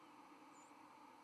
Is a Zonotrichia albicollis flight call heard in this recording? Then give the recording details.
yes. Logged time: 07:48 on 31 October 2014